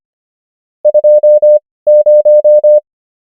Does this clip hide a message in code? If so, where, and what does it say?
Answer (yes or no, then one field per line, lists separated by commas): yes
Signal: Morse code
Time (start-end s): 0.9-2.8 s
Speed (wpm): 25 wpm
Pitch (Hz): 600 Hz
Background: none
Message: 20